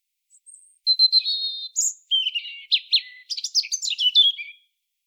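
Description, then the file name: European robin song: a thin high whistle, a wavering mid note, then a cascade of quick varied trills and downslurred notes. "Erithacus rubecula"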